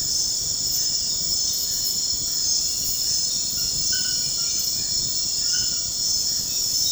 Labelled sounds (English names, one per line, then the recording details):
none
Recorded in dense forest near Puerto Asís, Putumayo, Colombia, on 18 February 2024 at 02:30
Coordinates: 0.472, -76.329
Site G6394